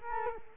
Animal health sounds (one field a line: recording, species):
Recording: mosquito wingbeat signal from an infrared sensor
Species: Culex quinquefasciatus